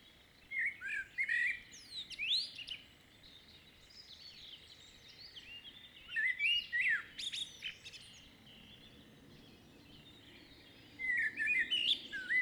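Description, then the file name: Common blackbird song, three separate phrases of mellow warbling with thin high twitters, spaced several seconds apart. "Turdus merula"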